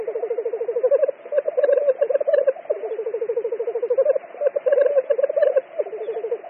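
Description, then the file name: Black grouse bubbling song: a low, rapid, pulsing cooing in repeated phrases of about one to one and a half seconds, run together almost without pause. "Tetřívek obecný"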